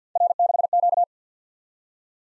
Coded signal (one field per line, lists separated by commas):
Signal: Morse code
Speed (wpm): 50 wpm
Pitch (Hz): 700 Hz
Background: none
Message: R6Q